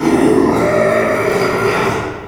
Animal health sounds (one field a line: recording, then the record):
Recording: squeal of a Yucatan mini pig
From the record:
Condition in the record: after surgery on the right vocal fold (resection and tissue-engineered implant)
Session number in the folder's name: 1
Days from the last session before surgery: 6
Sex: male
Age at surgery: 12 weeks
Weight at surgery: 13 kg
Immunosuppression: cyclosporine, prednisolone